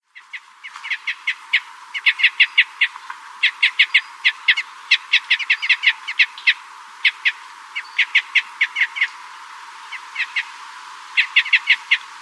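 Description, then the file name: Red crossbill giving abrupt, dry chip notes in rapid clusters, calling almost continuously with short gaps between the groups. Red crossbill of call type S, the Type S excitement calls. "Red Crossbill Type S 03-ECs"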